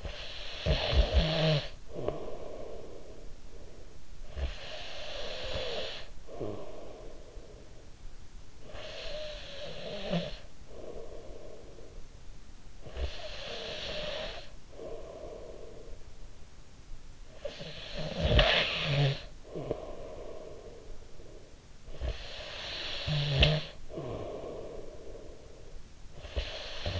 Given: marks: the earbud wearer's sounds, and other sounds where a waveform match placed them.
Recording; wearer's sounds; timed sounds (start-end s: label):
sounds in sleep by an in-ear microphone; snoring breath, breath
0.18-3.67 s: snoring breath
3.96-11.67 s: snoring breath
12.25-16.71 s: breath
17.28-27.00 s: snoring breath